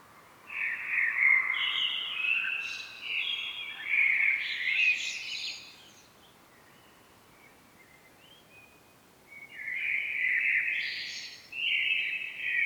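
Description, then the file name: Common blackbird song: a long fluty, twittering phrase, a silent gap of several seconds, then another warbled phrase with high scratchy notes. "Turdus merula"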